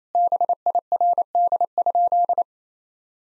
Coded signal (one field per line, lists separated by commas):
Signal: Morse code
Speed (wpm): 28 wpm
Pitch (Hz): 700 Hz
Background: none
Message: BIRD?